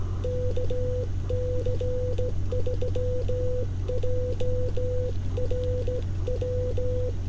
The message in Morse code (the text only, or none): KC3JRW